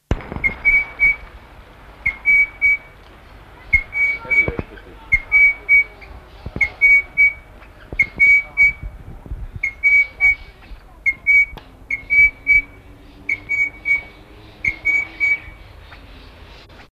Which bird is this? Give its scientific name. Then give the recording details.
Platycercus elegans. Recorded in captivity. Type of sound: call. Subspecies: adelaidi. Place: Artis Zoo, NL. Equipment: Halbspur, 9,5 cm/s. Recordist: Lütgens, Hans. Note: Rufe